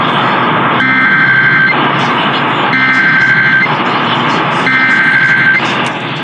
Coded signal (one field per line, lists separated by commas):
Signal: Emergency Alert System (SAME) tones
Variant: header bursts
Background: speech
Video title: Tennessee RMT on WSM (8/4/21)(EAS 823)